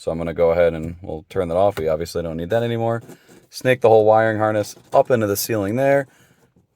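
Someone talks while handling a plastic sun visor vanity light housing with an LED installed in a Volkswagen Taos, with the wiring harness being snaked up into the car headliner ceiling. The housing has not yet been pushed up into the headliner, and nothing has seated or clicked yet.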